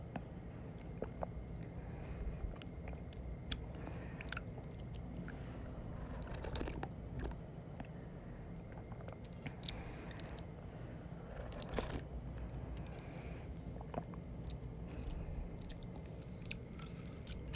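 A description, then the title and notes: Mouth sounds of eating ramen noodles: wet chewing and clicks come in quick, irregular bursts every second or so, with sharper smacks near 4, 10 and 12 seconds. A steady low rumble and soft breathing hiss sit underneath throughout. ASMR Noodle Eating (mouth sounds). Ramen noodles • Chewing • Slurping • breathing Sounds.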